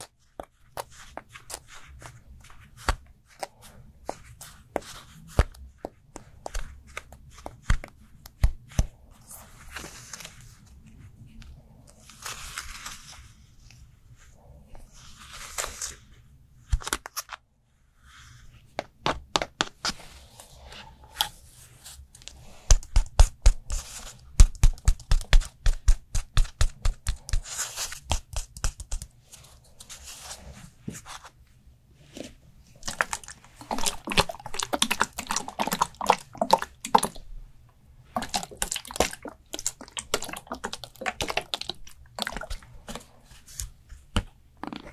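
A Korean skincare routine comes through as handling sounds: quick tapping, clicking and crinkly rustling arriving in irregular bursts. The busiest, densest stretches fall between about 20 and 37 seconds, with brief near-silent pauses around 17 and 38 seconds and a faint low hum underneath.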